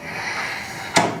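The adjustable foot bar of a NordicTrack Ultra 1 Reform RX-S Pilates reformer is moved down toward the carriage in its position bracket on the reformer frame, with a low steady rubbing hum as it goes. It stops partway and catches with a single sharp clunk at 0.96 s, locking into the fifth position.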